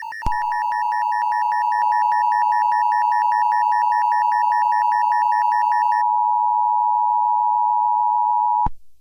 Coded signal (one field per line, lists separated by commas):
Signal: Emergency Alert System (SAME) tones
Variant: 853 and 960 Hz attention tone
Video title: EAS Alarm: VV got Furious - Part 3